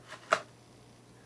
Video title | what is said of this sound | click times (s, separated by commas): How to Use Martha Stewart's Circle Edge Punch Starter Set | know if you heard the click but you'll you'll feel a catch and then I put back the | 0.3 s